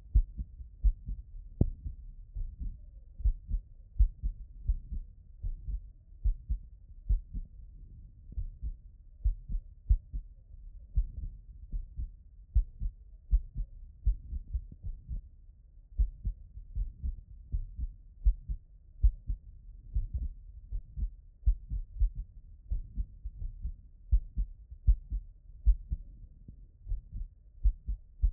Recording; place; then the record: heart sounds by stethoscope; pulmonary valve (PV)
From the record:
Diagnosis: non-HFrEF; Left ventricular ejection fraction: 48%